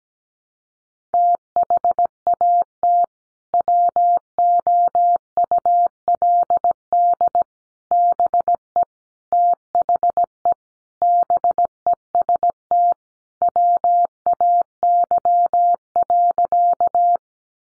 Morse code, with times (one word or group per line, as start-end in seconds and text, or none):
1.1-3.0 THAT
3.5-7.4 WOULD
7.9-8.8 BE
9.3-10.5 THE
11.0-12.9 BEST
13.4-17.2 WAY.